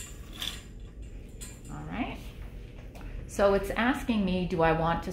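The key on the side of a CADD Solis PCA infusion pump is turned to lock the hooked medication cassette in after the latch is closed, giving a short double mechanical click at 0.4 and 0.5 s. Someone then talks as the cassette is locked in place.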